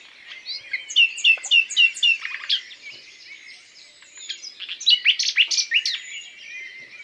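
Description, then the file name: Common nightingale song: a series of loud, evenly repeated chirping notes, a pause, then another rapid phrase of sharp whistled notes. "Luscinia megarhynchos"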